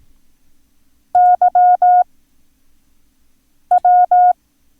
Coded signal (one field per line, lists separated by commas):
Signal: Morse code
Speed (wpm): 18 wpm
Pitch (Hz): 720 Hz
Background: none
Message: YW